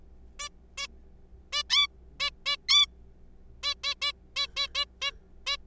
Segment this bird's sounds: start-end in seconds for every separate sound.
0.40-0.49, 0.78-0.87, 1.53-1.63, 1.70-1.87, 2.20-2.30, 2.46-2.56, 2.69-2.86, 3.63-3.74, 3.84-3.94, 4.02-4.12, 4.37-4.47, 4.57-4.67, 4.75-4.85, 5.02-5.11, 5.47-5.56